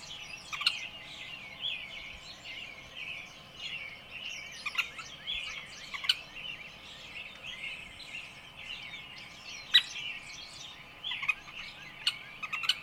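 Birds twittering in a soft, steady high-pitched chorus, with occasional sharp chirps standing out.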